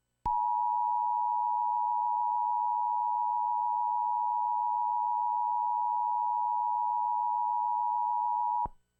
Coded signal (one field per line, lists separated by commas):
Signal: Emergency Alert System (SAME) tones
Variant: 853 and 960 Hz attention tone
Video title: EAS - Corn & Floods